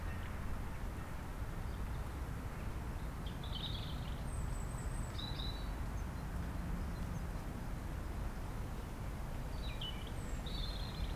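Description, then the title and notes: European robin singing short, high, sweet phrases with trilled and slurred notes, in two bursts separated by a pause, against a constant low roar of wind in trees. Robin singing nearby in sunshine on a sloping lawn by Châtillon beach, Chindrieux, France, sheltered from the north wind, with wind murmuring in the trees. "80 Chem. des Rubellines, 73310 Chindrieux, France - rouge gorge. Au soleil sur la pelouse en pente de la plage de Châtillon , à l'abri du vent du Nord , un rouge gorge chante non loin , rumeur du vent dans les arbres"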